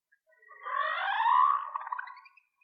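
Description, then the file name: Whale sound: a single mid-pitched harmonic wail that swells, bends upward and fades over about two seconds. "Whale Song-colin"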